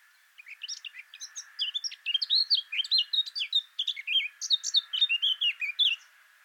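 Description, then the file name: Eurasian blackcap song: a fast, continuous scratchy warble of varied high chirps and twitters running for about six seconds without pause. "Sylvia atricapilla"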